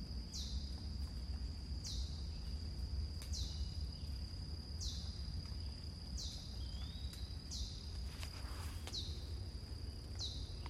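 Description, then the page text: Eastern chipmunk chip calls: sharp, high, slightly falling chips repeated at a steady pace over a steady high whine and low rumble. Recorded in Maryland. "Maryland Biodiversity. Eastern Chipmunk ( Tamias striatus )"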